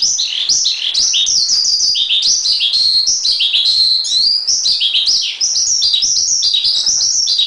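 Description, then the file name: Asian pied starling singing a continuous chatter of high whistled notes, rising and falling slurs tumbling one after another. Master training recording. "master js omkicau"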